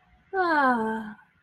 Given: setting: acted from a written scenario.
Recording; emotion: vocal sound without words; contentment